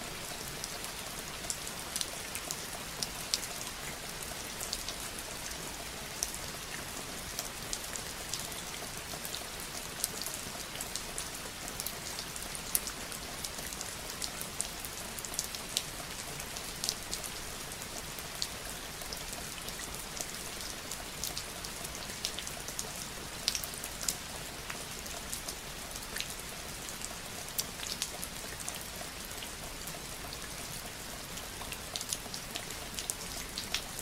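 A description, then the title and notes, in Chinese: Rain falls steadily throughout, a dense, even hiss with countless fine drops pattering on a surface. Sharper individual drips tick out constantly in the bright upper range, while the low end stays quiet and no other sounds intrude. ASMR下雨聲。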